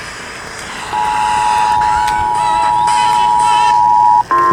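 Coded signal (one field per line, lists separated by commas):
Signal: Emergency Alert System (SAME) tones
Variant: 853 and 960 Hz attention tone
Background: music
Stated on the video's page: Monthly EAS tests.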